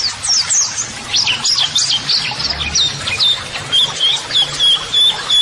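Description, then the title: White-eye song: fast high chirps, then clearer whistled notes held at a steady pitch, repeated in quick succession. White-eye singing vigorously ('gacor'), used as a model song (masteran) for training. "Pleci Gacor MASTERAN TERAPI PLECI"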